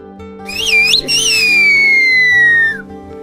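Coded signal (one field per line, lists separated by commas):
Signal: whistled language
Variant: Turkish kuş dili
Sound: a loud gliding whistle rising and falling, a short break, then a long slowly falling tone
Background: faint background hum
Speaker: jika seseorang namanya disebut dalam siulan maka yang punya nama tersebut akan mengerti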